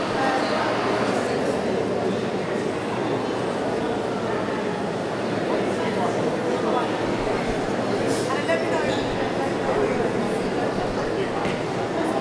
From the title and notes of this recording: Captured in a city centre shopping mall. The mall is busy with people seeking out bargins in the post-Christmas sales.